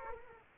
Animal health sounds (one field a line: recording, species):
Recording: mosquito wingbeat signal from an infrared sensor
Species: Culex quinquefasciatus